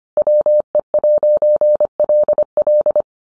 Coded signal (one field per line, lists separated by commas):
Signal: Morse code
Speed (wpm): 25 wpm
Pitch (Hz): 600 Hz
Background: none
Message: WE'LL